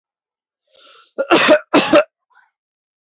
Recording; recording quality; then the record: heavy voluntary cough; excellent, no background noise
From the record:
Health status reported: healthy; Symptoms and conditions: none ticked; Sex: male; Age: 37 years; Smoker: not ticked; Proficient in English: yes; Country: India